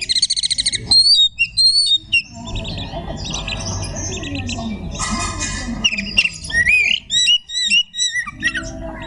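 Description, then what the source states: Magpie-robin song: rattling buzzes and whistled slurs, a noisy middle passage, then quick repeated high chirping whistles. Song style called tembakan ngekek.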